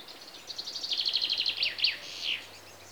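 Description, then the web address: Common chaffinch song: a fast series of repeated notes, then a final downward flourish. Chaffinches recorded in Greece, with insects audible. "BBC Sound Effects Library. Greece. Birds (Chaffinches) And Insects"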